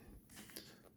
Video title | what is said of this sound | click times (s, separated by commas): 8. WRX to STI Center Console | beautiful pushes right in and snaps into place on the cigarette lighter there's a tab | 0.3 s, 0.5 s